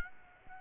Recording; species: mosquito wingbeat signal from an infrared sensor; Aedes aegypti